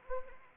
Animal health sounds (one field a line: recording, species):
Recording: mosquito wingbeat signal from an infrared sensor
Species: Anopheles arabiensis